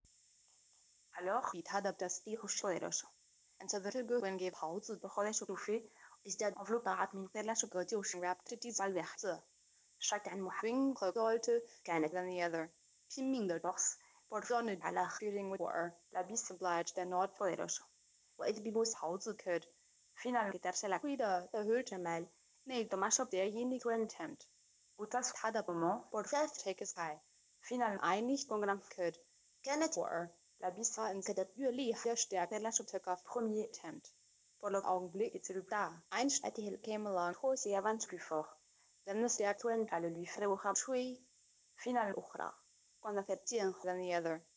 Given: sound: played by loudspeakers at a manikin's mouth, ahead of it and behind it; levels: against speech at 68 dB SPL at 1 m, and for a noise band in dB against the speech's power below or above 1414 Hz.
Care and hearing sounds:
test signals for a remote microphone
1.11-44.57 s: speech test signal (ISTS)
From the record:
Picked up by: remote microphone D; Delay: 24 ms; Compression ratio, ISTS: 1.24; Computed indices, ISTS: SII 0.997, HASPI 0.990, HASQI 0.385 (non-linear 0.446, linear 0.863), ESTOI 0.888

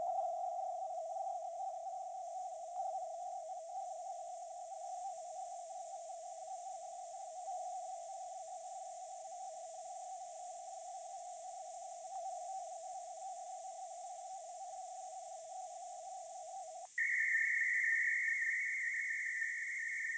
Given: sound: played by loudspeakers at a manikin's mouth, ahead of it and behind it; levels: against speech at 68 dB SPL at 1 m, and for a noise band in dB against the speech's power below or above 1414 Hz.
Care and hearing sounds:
test signals for a remote microphone
0.00-2.76 s: noise band at 707 Hz, -5 dB
2.76-7.46 s: noise band at 707 Hz, 0 dB
7.46-12.15 s: noise band at 707 Hz, +5 dB
12.15-16.85 s: noise band at 707 Hz, +10 dB
16.98-20.18 s: noise band at 2000 Hz, +10 dB
From the record:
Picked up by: remote microphone B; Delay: 24 ms

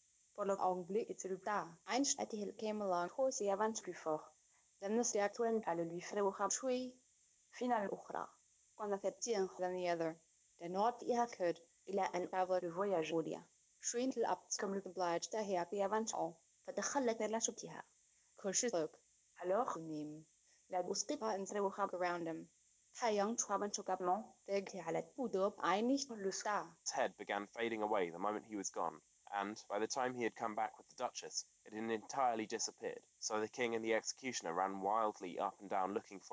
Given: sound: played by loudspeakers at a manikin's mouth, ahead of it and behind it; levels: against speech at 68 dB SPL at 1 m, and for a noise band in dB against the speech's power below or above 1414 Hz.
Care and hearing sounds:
test signals for a remote microphone
0.00-26.86 s: speech test signal (ISTS)
26.86-36.33 s: man speaking
From the record:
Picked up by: remote microphone D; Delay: 24 ms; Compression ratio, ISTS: 1.24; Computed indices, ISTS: SII 0.997, HASPI 0.990, HASQI 0.385 (non-linear 0.446, linear 0.863), ESTOI 0.888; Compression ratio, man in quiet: 1.31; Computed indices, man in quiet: SII 0.994, HASPI 0.998, HASQI 0.363 (non-linear 0.417, linear 0.872), ESTOI 0.824

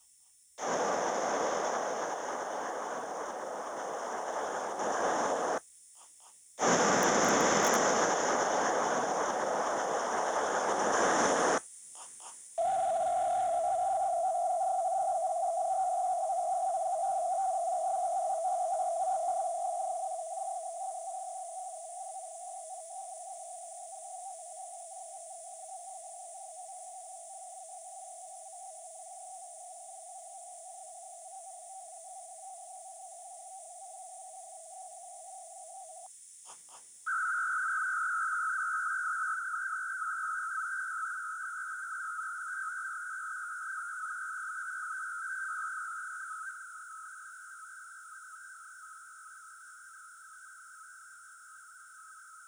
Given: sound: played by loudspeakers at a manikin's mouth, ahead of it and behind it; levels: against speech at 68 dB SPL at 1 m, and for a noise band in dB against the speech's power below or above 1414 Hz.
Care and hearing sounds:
test signals for a remote microphone
0.58-5.58 s: speech-spectrum noise, 0 dB
6.58-11.58 s: speech-spectrum noise, +10 dB
12.58-36.06 s: noise band at 707 Hz, as loud as that band is in speech
37.06-52.48 s: noise band at 1414 Hz, as loud as that band is in speech
From the record:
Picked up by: remote microphone B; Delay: 24 ms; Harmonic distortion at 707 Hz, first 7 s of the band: under -29 dB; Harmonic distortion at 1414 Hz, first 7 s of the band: under -43 dB

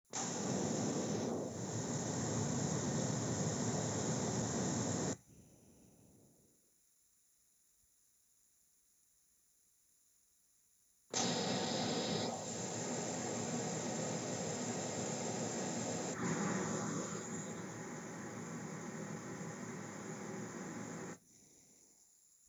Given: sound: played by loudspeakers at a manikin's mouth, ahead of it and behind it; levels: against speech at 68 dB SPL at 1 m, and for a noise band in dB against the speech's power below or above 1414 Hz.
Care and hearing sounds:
test signals for a remote microphone
0.13-5.13 s: speech-spectrum noise from the mouth, +10 dB
11.13-16.13 s: speech-spectrum noise from ahead, +10 dB
16.13-21.13 s: speech-spectrum noise from behind, +10 dB
From the record:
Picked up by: remote microphone A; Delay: 47 ms

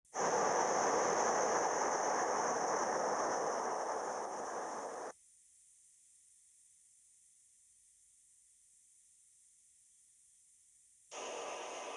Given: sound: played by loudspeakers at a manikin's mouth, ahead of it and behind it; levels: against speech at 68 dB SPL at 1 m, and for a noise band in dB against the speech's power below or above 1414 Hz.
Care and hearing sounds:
test signals for a remote microphone
0.11-5.11 s: speech-spectrum noise from the mouth, +10 dB
11.11-11.96 s: speech-spectrum noise from ahead, +10 dB
From the record:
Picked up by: remote microphone C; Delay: 23 ms

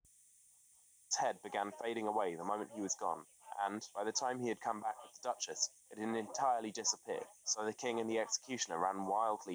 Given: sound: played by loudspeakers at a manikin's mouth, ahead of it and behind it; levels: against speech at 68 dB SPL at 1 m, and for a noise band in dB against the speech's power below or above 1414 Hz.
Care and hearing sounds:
test signals for a remote microphone
1.11-9.55 s: man speaking, babble ahead at +6 dB SNR for speech at 1 m
From the record:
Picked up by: remote microphone B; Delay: 24 ms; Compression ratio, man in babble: 1.70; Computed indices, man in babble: HASPI 0.999, HASQI 0.276 (non-linear 0.326, linear 0.847), ESTOI 0.728

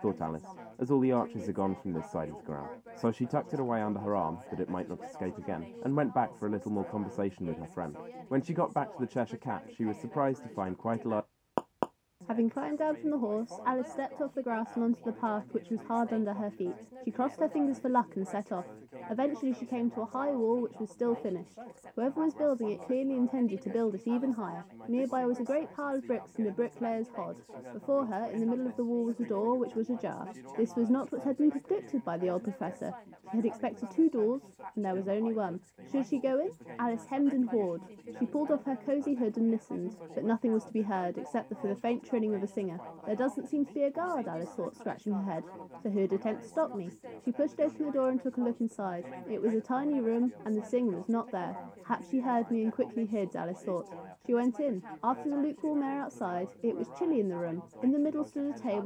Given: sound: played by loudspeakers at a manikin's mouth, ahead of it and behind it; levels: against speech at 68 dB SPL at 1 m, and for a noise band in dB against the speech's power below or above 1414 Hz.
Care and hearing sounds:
test signals for a remote microphone
0.00-11.20 s: man speaking, babble ahead at +6 dB SNR for speech at 1 m
11.58 s: click
11.83 s: click
12.20-58.85 s: woman speaking, babble ahead at +6 dB SNR for speech at 1 m
From the record:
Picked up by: measurement microphone

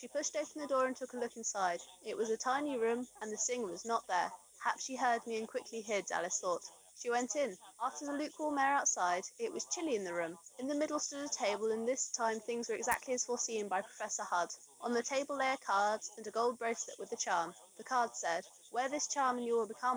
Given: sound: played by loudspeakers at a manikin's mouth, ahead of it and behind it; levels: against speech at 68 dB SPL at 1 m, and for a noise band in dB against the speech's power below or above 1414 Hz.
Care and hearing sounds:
test signals for a remote microphone
0.00-19.97 s: woman speaking, babble ahead at +6 dB SNR for speech at 1 m
From the record:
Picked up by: remote microphone D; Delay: 24 ms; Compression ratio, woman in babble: 1.06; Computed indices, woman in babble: HASPI 0.873, HASQI 0.329 (non-linear 0.380, linear 0.865), ESTOI 0.825

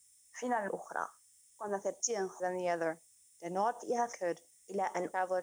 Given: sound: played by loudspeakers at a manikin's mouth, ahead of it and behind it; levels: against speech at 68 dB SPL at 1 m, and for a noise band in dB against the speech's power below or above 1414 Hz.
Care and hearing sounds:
test signals for a remote microphone
0.00-5.43 s: speech test signal (ISTS)
From the record:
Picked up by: remote microphone C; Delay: 23 ms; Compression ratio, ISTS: 1.61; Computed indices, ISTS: SII 0.995, HASPI 0.979, HASQI 0.323 (non-linear 0.389, linear 0.829), ESTOI 0.816

